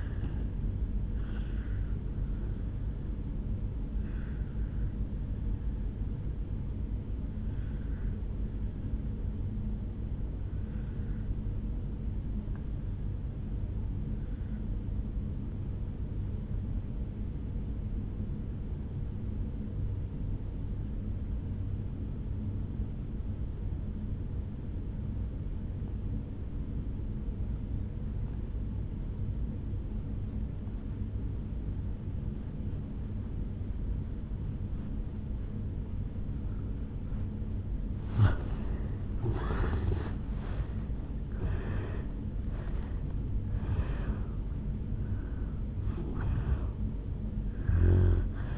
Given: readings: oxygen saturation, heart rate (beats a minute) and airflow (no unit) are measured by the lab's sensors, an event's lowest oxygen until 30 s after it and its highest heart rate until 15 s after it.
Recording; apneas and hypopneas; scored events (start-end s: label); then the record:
breathing in sleep by a smartphone at the bedside; 1
4.00-37.00 s: obstructive apnea (N1, oxygen 96% highest, then 81% lowest, heart rate 57 at the start, 76 highest)
16.00-46.00 s: new sleep stage, N2 (light sleep)
46.00-48.58 s: new sleep stage, N1 (lightest sleep)
From the record:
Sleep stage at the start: N1 (lightest sleep); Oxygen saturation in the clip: 82 to 96%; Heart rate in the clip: 55 to 76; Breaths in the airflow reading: 5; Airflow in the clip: -13.3 to 11.9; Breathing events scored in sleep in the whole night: 449 in 7.0 hours asleep